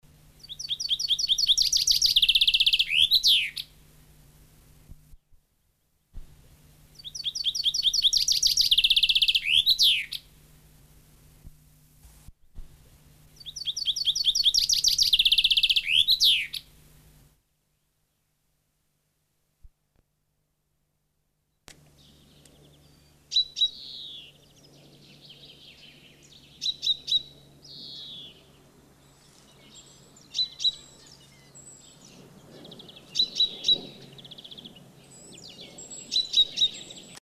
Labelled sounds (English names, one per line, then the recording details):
Common Chaffinch song
European Greenfinch
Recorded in the wild
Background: Chloris chloris
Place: Gryon, Kanton Waadt, CH
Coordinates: 47.2742, 7.06417
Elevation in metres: 1125
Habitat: mountains
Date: 1986-03-20
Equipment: Uher 4000 Report, Sennheiser MKH 815 T
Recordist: Tretzel, Erwin
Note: Gryon, Schweiz: Gesang, später Rufe "pink pink" und "fink"